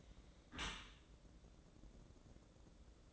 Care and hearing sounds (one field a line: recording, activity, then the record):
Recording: daily activity, microphone in the room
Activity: close dishwasher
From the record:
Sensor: 3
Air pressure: 1012.3 hPa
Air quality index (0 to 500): 153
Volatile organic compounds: 2 ppm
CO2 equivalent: 1177 ppm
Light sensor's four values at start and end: 516/1266/523/518 and 522/1282/530/526